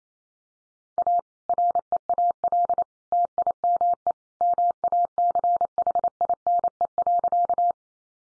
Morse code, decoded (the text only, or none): A REAL TIME MACHINE.